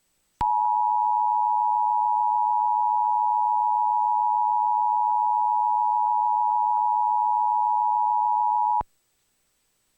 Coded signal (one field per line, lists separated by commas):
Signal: Emergency Alert System (SAME) tones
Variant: 853 and 960 Hz attention tone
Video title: EAS #40 (Pt.2) - 2023 National Periodic Test